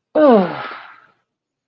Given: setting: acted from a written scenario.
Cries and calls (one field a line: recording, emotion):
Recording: vocal sound without words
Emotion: disgust